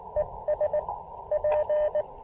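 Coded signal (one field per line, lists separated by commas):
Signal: Morse code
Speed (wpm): 22 wpm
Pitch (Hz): 600 Hz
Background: radio noise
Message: ES P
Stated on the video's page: QRP POTA and SOTA activation with a KX2, operating on 20, 17, 10 and 15 meters.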